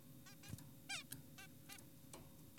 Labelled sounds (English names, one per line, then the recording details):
Zebra Finch
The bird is an adult
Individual g4p5U